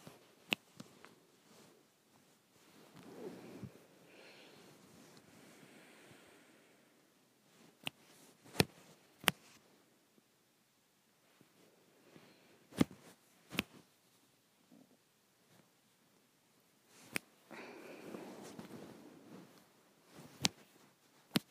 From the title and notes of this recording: ASMR Snapping.